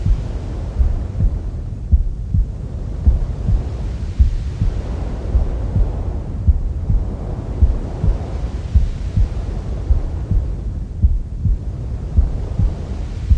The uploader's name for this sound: Womb Sounds with Mother's Heartbeat